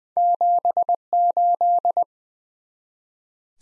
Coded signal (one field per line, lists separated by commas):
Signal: Morse code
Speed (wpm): 20 wpm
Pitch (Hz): 700 Hz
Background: none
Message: 78